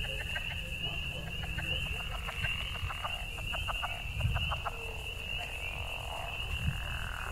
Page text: Southern Leopard Frogs both clucking and croaking